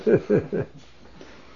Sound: they laugh

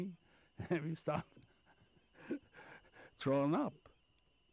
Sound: he laughs

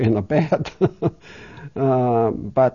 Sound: she laughs

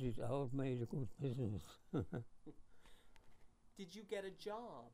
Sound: chuckles

